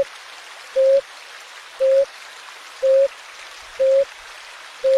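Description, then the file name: Blue ground dove song: low, even hooting notes repeated steadily about once a second over a constant hiss. "Canto do pararu azul"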